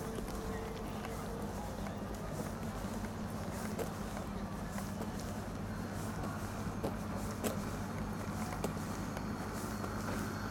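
A night walk across the Glastonbury festival grounds, with a steady low droning hum and a deeper throb underneath that never lets up. A dense murmur of distant-sounding voices fills the middle, broken by scattered sharp ticks and knocks throughout.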